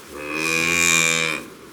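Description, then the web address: Cow giving one long, steady, nasal moo lasting over a second. On a farm. "La vache. un jour a la ferme"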